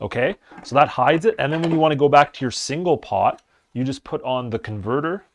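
Someone talks throughout while handling the plastic single-cup (K-cup) converter attachment for the brew head of a Ninja DualBrew Pro drip coffee maker, about to push it onto the brew area. Nothing has seated or clicked into place yet.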